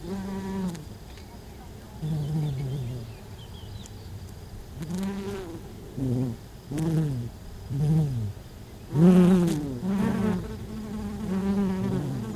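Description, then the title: Western honey bee wings buzzing, repeated short droning passes with sliding pitch, growing busier toward the end with overlapping hums. Domestic honey bees recorded at Buoux, Vaucluse, France, in May 2001. "Sylvain Jaskowiak - Animus. Abeilles domestiques - Buoux, Vaucluse - mai 2001"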